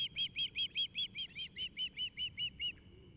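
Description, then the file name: Osprey call series: many sharp, whistled 'kyew' notes in quick, even succession, steady in pitch, ending abruptly. "Fischadler 2012-Jürgen Hochfeld Wildlife Recordings"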